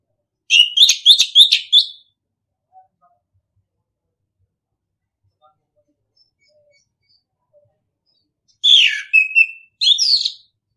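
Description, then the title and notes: Orange-headed thrush song: a fast run of sharp, repeated chirping notes, a long quiet stretch, then two more bursts of varied whistles. Training song (masteran) in the ngeplong style. "ANIS KEMBANG NGEPLONG. Masteran Anis Kembang"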